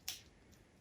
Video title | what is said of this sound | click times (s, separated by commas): Overview & Programming - MEG- Engine II Implant Motor from MegaGen | and you hear a little click and it engages | 0.1 s